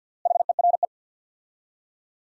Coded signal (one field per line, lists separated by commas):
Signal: Morse code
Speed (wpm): 50 wpm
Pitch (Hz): 700 Hz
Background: none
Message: HERE